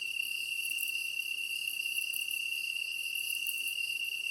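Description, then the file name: Japanese tree cricket giving an unbroken, steady high trill, accompanied by fainter insects chirping in pulsed bursts above. Recorded 23 August 2010 at 21:22. "kantan-20100823-2122"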